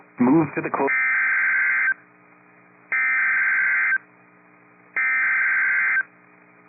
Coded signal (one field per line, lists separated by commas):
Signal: Emergency Alert System (SAME) tones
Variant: header bursts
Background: speech